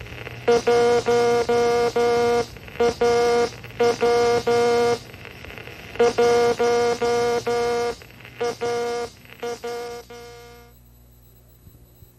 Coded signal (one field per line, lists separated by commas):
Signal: Morse code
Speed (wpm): 12 wpm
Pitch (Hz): 480 Hz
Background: none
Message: 1AW 1AA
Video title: AWA Classics - The Early Years of Amateur Radio